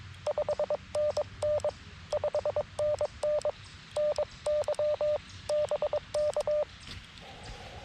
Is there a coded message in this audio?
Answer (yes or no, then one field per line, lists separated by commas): yes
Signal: Morse code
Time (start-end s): 0.3-6.6 s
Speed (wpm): 22 wpm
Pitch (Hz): 600 Hz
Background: none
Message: 5NN 5NN NY BK